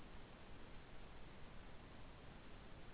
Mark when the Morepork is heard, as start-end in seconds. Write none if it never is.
none